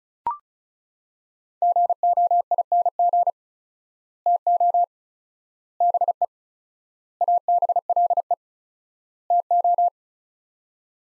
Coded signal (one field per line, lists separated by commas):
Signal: Morse code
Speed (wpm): 34 wpm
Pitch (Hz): 700 Hz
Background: none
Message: GOING TO BE ABLE TO